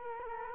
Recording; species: mosquito wingbeat signal from an infrared sensor; Culex quinquefasciatus